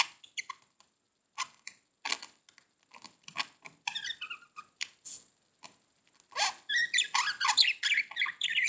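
Budgerigar chatter: rapid clicks and short squeaks throughout, building into a dense, loud stretch of warbling, buzzy squawks toward the end.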